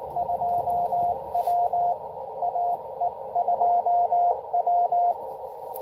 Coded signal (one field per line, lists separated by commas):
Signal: Morse code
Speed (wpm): 20 wpm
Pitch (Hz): 690 Hz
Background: radio noise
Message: 2W AE2W